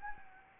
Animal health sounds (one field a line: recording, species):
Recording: mosquito wingbeat signal from an infrared sensor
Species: Anopheles gambiae